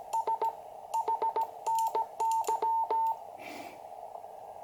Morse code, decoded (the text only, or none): S HNY